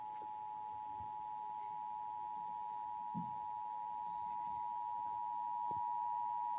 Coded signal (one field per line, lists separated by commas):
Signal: Emergency Alert System (SAME) tones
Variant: 853 and 960 Hz attention tone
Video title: estados eas alarms (parte 2)